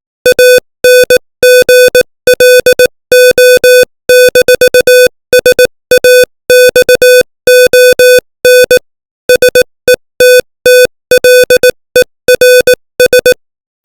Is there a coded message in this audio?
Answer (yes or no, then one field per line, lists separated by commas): yes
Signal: Morse code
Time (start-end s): 0.3-13.3 s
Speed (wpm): 18 wpm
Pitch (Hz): 500 Hz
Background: music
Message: ANGLO-SAXON SETTLERS